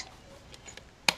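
The top half of a cut PET plastic soda bottle is pushed into the bottom half to test-close the bottle box, and a sharp snap is heard at 1.1 s after near silence. The cut edge locks into place, showing the cut is at the right height for the halves to lock.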